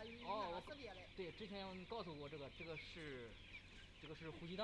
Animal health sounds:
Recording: poultry house recording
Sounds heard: healthy chickens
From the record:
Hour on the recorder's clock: 9

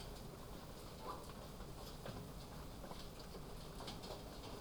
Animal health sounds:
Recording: poultry house recording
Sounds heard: sick chickens (respiratory disease)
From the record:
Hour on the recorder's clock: 1

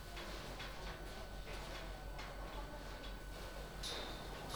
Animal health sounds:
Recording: poultry house recording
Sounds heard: no chicken sound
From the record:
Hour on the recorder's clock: 12

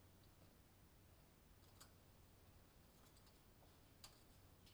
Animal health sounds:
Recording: poultry house recording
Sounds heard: no chicken sound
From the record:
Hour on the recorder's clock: 22

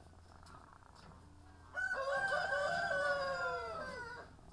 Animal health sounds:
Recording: poultry house recording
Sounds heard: sick chickens (respiratory disease)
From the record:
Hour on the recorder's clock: 18

